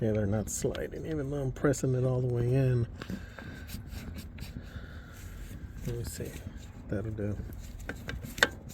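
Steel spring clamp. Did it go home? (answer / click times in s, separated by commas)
yes / 8.4 s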